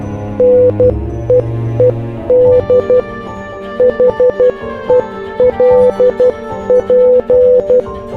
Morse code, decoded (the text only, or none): NEED HELP